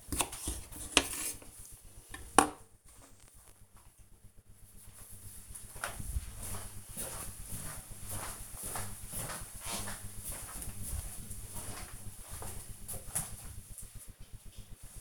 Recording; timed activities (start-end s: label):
household activities, microphone on the right wrist
0.00-2.50 s: cutting vegetables